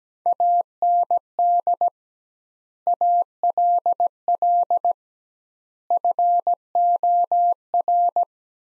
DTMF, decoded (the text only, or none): none